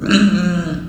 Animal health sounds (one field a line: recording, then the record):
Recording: squeal of a Yucatan mini pig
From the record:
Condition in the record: after surgery on the right vocal fold (resection and tissue-engineered implant)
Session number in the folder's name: 6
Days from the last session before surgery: 40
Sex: female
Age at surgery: 19 weeks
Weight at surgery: 25 kg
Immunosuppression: prednisolone